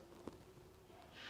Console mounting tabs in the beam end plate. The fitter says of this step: you can let the console drop and they will lock into place